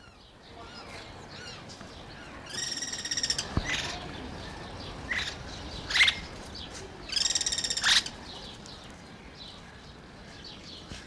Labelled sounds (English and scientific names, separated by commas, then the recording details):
Greater Necklaced Laughingthrush (Garrulax pectoralis)
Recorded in captivity
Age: adult
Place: Zoo Berlin, Berlin, DE
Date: 1992-04-04 11:00
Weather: bedeckt, 5-8°C
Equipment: Nagra SN, Mikrofon AKG CK 8, Kopie Tesla B 116
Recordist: Tembrock, Günter